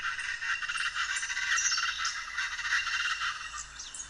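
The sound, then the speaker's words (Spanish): A loud, raucous chorus of chachalaca calls, harsh rattling cries overlapping in a steady, grating stream with no pauses and no talking. “Fíjate, yo no, la verdad es que no ubico muy bien a las chachalacas. Las tuve que buscar en una foto, pero sobre todo puse aquí una grabación.”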